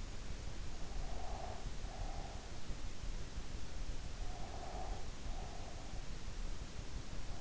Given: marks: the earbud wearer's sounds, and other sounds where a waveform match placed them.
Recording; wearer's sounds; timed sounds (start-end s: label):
sounds in sleep by an in-ear microphone; breath
0.93-2.60 s: breath
4.27-6.09 s: breath